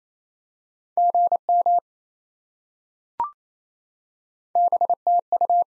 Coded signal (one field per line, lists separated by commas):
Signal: Morse code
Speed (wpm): 28 wpm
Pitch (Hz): 700 Hz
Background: none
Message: GM BTU